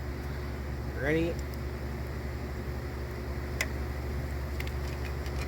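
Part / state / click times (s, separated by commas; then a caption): rocker arm onto hydraulic lash adjuster ball in a V6 cylinder head / seated / 3.6 s. Someone talks while levering a rocker arm with a screwdriver at its back, pushing it onto the hydraulic lash adjuster's ball in a Pentastar V6 cylinder head. A sharp pop at 3.6 s marks the arm seating on the ball, followed by a couple of faint ticks at 4.6 and 4.7 s over a steady low hum.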